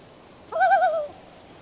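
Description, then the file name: Loon giving a single brief wavering cry with a slight rise and gentle tremolo, lasting about half a second. "Loon Bird"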